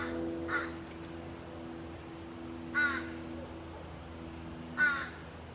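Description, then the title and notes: Crow cawing, three harsh caws spaced about two seconds apart over a steady low hum. Crows in Notre-Dame-des-Neiges Cemetery, 24 July 2008. "Cimitiere de Notre-Dame-des-Neiges, 24.07.08. Crows in the cemetry"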